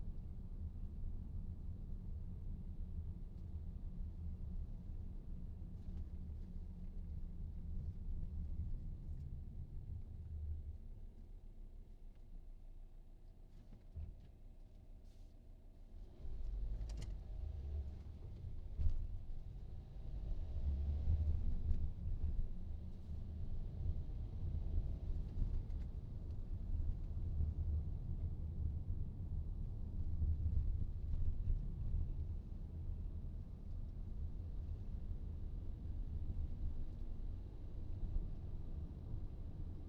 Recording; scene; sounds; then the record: everyday scene through a hearing-aid microphone; in a vehicle; engine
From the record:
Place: VW T5 Caravelle, diesel engine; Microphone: in the ear canal, right